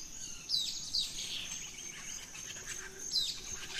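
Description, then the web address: Birds in a dawn chorus, high chirps and trills layered over a steady insect whine, with louder sweeping notes around the half-second mark and again near three seconds. Dawn chorus of birds in rainforest at Gran Sabana, Venezuela. "Birds in the Rainforest 03 Dawn Venezuela Gran Sabana"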